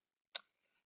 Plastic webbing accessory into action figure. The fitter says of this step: see and looking about this webbing is that it just locks into place right there and